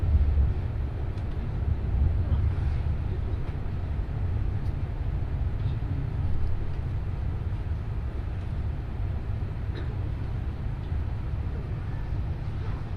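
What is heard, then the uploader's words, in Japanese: Inside the Nishi-Kyushu Shinkansen Kamome No. 25 from Takeo-Onsen to Nagasaki, a steady deep rumble fills the whole stretch at an even level. Faint, scattered clicks and brief higher sounds surface now and then above the constant low drone. 西九州新幹線かもめ25号武雄温泉→長崎。嬉野温泉駅は通過なので、停車駅は新大村、諫早、長崎の３つです。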